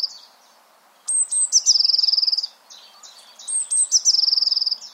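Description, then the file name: Eurasian blue tit calling: thin, very high notes followed by a fast, even trill, given twice with a short gap. "Cyanistes caeruleus"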